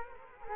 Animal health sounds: mosquito wingbeat signal from an infrared sensor; Culex quinquefasciatus

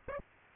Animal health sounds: mosquito wingbeat signal from an infrared sensor; Aedes aegypti

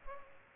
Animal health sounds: mosquito wingbeat signal from an infrared sensor; Culex pipiens

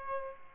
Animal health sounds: mosquito wingbeat signal from an infrared sensor; Aedes aegypti

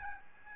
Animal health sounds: mosquito wingbeat signal from an infrared sensor; Aedes albopictus

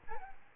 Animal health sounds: mosquito wingbeat signal from an infrared sensor; Aedes albopictus

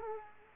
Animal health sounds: mosquito wingbeat signal from an infrared sensor; Culex quinquefasciatus

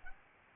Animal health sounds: mosquito wingbeat signal from an infrared sensor; Aedes albopictus

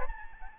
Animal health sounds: mosquito wingbeat signal from an infrared sensor; Aedes albopictus

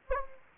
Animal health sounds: mosquito wingbeat signal from an infrared sensor; Anopheles gambiae

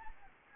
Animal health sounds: mosquito wingbeat signal from an infrared sensor; Anopheles gambiae

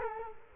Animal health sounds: mosquito wingbeat signal from an infrared sensor; Culex quinquefasciatus

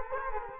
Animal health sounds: mosquito wingbeat signal from an infrared sensor; Culex quinquefasciatus

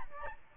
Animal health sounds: mosquito wingbeat signal from an infrared sensor; Aedes albopictus

